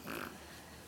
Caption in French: Ma ronfleuse. Ben oui, c'est le chien qu'on entend comme ça dans le micro.